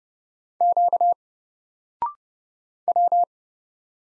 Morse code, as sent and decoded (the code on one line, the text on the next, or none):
--.- / .--
Q W